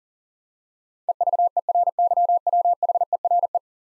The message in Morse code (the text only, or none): EVERYWHERE